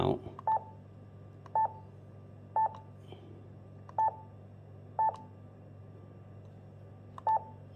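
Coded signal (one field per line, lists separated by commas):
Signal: none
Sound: radio button beeps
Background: speech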